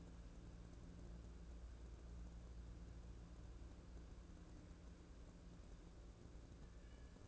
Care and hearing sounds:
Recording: daily activity, microphone in the room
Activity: wipe stove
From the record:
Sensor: 2

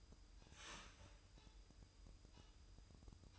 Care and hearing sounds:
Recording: daily activity, microphone in the room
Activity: start toaster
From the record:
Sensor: 2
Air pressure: 988.4 hPa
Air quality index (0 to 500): 190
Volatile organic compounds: 178 ppm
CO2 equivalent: 4138 ppm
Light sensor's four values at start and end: 20/69/27/25 and 20/69/27/25

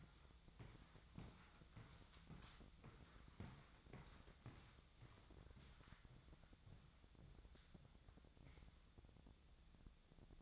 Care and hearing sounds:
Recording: daily activity, microphone in the room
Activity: walk to room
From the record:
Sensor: 3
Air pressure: 999.4 hPa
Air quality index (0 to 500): 197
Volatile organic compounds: 45 ppm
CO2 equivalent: 3220 ppm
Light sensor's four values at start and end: 8/18/7/7 and 8/19/7/7

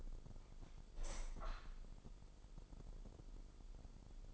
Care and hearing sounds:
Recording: daily activity, microphone in the room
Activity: open window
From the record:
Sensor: 5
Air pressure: 995.8 hPa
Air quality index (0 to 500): 104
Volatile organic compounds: 7 ppm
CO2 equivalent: 2008 ppm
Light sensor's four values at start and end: 40/97/39/41 and 40/97/39/41

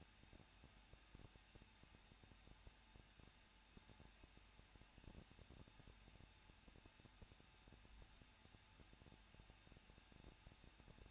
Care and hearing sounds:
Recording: daily activity, microphone in the room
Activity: no activity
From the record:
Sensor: 2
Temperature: 21.0 degrees Celsius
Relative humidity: 37.5%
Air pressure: 1006.3 hPa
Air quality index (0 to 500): 223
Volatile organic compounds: 25 ppm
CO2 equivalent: 2832 ppm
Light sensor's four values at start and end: 2/3/2/2 and 2/3/2/2

